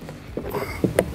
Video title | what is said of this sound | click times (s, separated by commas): RockJock Antirock Sway Bars Front & Rear Install - Jeep Gladiator JT | just snap right in and | 1.0 s